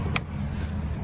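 An engine harness connector is pushed back onto its socket in the engine bay of a 2007–2017 Toyota Camry 3.5 during valve cover gasket and spark plug seal replacement. A single sharp, bright click at 0.2 s stands out over a steady low rumble. The connector clicks in and is seated.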